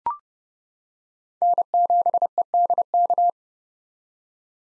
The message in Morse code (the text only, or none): N7EDK